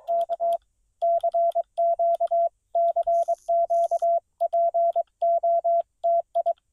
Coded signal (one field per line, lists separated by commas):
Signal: Morse code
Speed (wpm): 23 wpm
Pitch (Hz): 680 Hz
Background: none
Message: K CQ CQ POTI